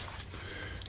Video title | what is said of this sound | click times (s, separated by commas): Sensing the Bump Stick 4.7 | Just snap the plug back in, | 0.9 s